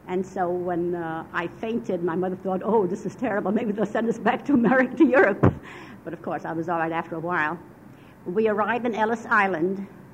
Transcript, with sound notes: And so when I fainted my mother thought oh, this is terrible, maybe they'll send us back to America (she laughs) to Europe. But of course, I was alright after awhile. We arrived in Ellis Island,